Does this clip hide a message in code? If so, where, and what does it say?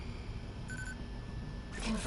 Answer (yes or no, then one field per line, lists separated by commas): no